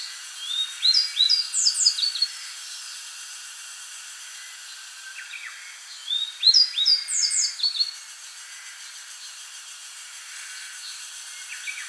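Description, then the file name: Grey bunting singing two similar phrases of thin, fast, high slurred notes about six seconds apart, with faint softer notes and constant background hiss. "Emberiza variabilis"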